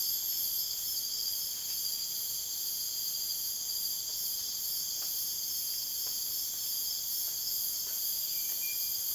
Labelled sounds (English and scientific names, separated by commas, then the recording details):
none
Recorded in dense forest near Puerto Asís, Putumayo, Colombia, on 23 June 2025 at 00:30
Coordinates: 0.484, -76.325
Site H65